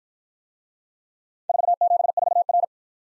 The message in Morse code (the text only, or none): 474R